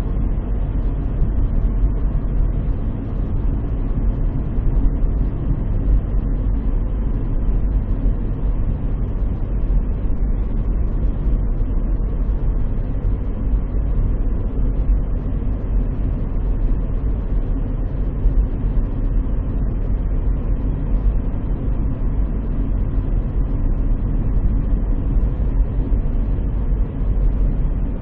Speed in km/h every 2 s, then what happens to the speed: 58, 57, 56, 54, 54, 54, 54, 54, 54, 55, 55, 55, 54, 53.
0-28 steady at about 54.